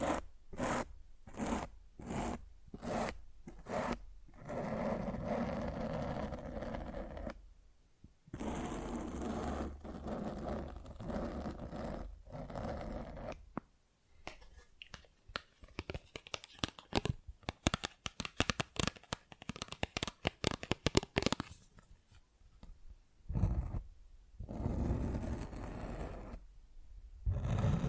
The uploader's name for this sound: Mic Scratching